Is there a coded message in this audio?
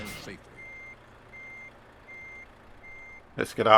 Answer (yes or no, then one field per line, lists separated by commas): no